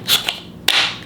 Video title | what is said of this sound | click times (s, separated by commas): FESTOOL RTSC CORDLESS SANDER UNBOXING AND OVERVIEW | and it pops into place that's going to protect your work piece in in front here | 0.7 s